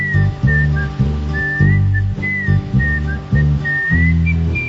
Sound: whistling